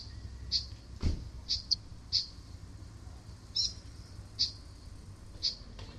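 Bird giving sharp, short high chips at irregular intervals, with a single low thump early on.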